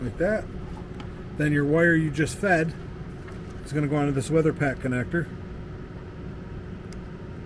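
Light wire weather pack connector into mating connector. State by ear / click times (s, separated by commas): not seated / none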